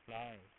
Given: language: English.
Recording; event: throat vibration sensor signal played as sound; speech